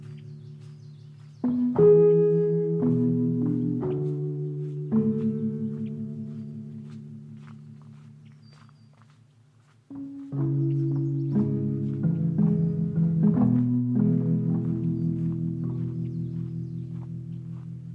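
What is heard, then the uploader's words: Low, resonant chime-like tones ring out on the Banff Cave and Basin Marsh Trail, struck around two seconds and left to fade slowly for several seconds. At ten seconds a fresh cluster of notes sounds, shifting pitch and overlapping, then gradually dying away. Soundwalk Season 4: The Canadian Rockies. Banff National Park, Canada on The Banff Cave and Basin Marsh Trail.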